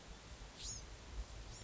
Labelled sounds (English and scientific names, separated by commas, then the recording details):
Bewick's Wren (Thryomanes bewickii)
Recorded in Sonoma County, California